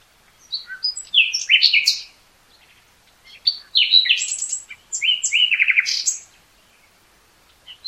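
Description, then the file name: Common nightingale singing varied phrases: clicks and sharp notes build into fast, loud trills, split by pauses, with crisp repeated notes and high sweeps. "Luscinia megarhynchos"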